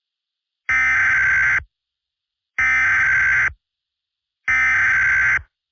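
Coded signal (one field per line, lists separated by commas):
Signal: Emergency Alert System (SAME) tones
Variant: header bursts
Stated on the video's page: Fictional EAS scenario.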